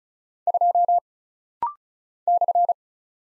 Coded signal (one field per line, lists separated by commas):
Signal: Morse code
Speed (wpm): 36 wpm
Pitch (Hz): 700 Hz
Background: none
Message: 2 /